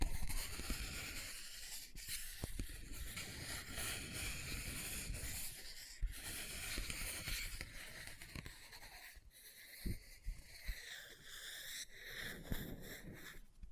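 Scratching and rustling on a book, with a dense, bright hiss of scraping that runs almost without pause for the whole stretch. Short sharp taps cut through it now and then, clearest near 2, 6 and 10 seconds, and the texture thins slightly toward the end.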